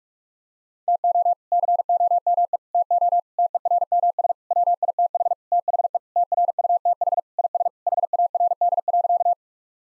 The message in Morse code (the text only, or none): TO COME TO TERMS WITH THE TRUTH IS HARD.